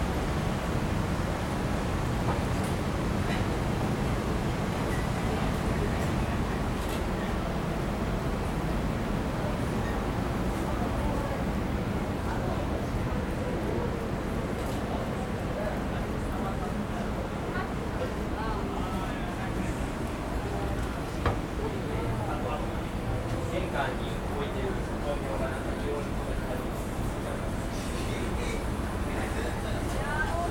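Street ambience from Kabuki-cho and Golden-Gai in Shinjuku, Tokyo: a steady, dense wash of crowd chatter over a low traffic rumble that never lets up. Brief clicks and small knocks surface now and then, with one sharper tap around twenty-one seconds.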